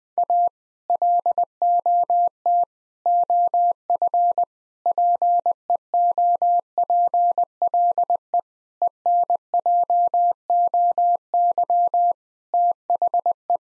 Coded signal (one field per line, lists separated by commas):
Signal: Morse code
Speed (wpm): 20 wpm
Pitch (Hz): 700 Hz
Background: none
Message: A LOT OF PEOPLE ENJOY THE